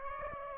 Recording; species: mosquito wingbeat signal from an infrared sensor; Aedes aegypti